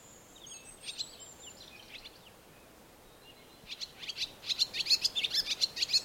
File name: Rondine Comune